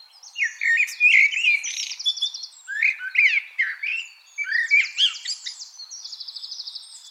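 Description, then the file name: Common blackbird singing several fluty, warbling phrases in quick succession, each one mixed with high squeaky trills and buzzy chatter. "Turdus merula"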